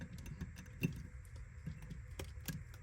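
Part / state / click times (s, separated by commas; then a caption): plastic head onto an action figure's neck peg / not seated / none. A plastic head is pushed back onto the neck peg of a Buzz-Off Masterverse action figure, giving faint scattered plastic ticks and handling taps over a low rumble, with sharper taps around 0.8, 2.2 and 2.5 seconds. The head has not clicked on yet.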